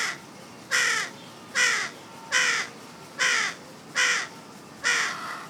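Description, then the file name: Carrion crow repeating six harsh, slightly downslurred caws at an even rhythm of roughly one every 0.8 seconds. "Corvus corone"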